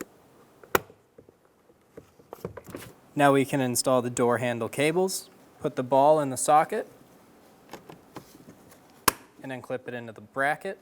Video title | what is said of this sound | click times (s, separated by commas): How to Replace Rear Power Window Motor & Regulator Assembly 2007-2012 Nissan Altima | push until you hear a click | 0.8 s